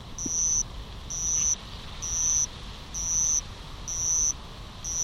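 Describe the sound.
Madara-suzu cricket song: short, very high, shrill trills about half a second long, repeated roughly once a second over steady low rumbling background noise.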